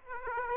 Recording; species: mosquito wingbeat signal from an infrared sensor; Aedes aegypti